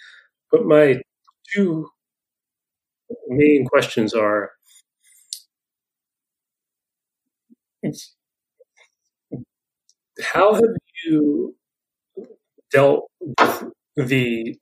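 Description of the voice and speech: Man's speech broken by long silent blocks mid-phrase and stretched sounds, typical of stuttering.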